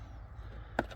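On a Ford Focus MK4 EcoBoost, a screwdriver levers the clip on the air intake hose at the air filter housing, and the clip pops off with a single sharp snap at 0.8 s. A faint steady background hum runs underneath, and a softer rustle follows the snap as the hose is pulled out of the air filter housing, leaving the clip released.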